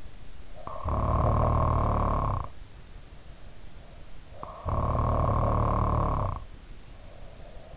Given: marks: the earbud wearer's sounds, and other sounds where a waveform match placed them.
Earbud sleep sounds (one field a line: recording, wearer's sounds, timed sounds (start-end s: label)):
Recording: sounds in sleep by an in-ear microphone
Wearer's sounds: snoring breath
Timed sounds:
0.48-2.63 s: snoring breath
4.37-7.77 s: snoring breath